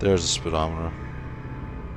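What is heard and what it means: A small plastic speedometer piece is handled near an action figure's toy motorcycle while someone talks, followed by quiet low background hum. Nothing has seated or clicked yet; the piece is not yet in place when the clip ends.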